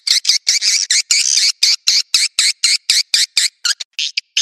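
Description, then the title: Swiftlet calls, a rapid series of harsh chattering twitters, about four per second, each a short buzzy burst with a few quieter clicks between. "Suara Burung Wallet"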